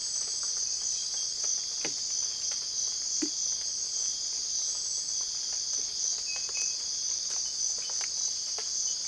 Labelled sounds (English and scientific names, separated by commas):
none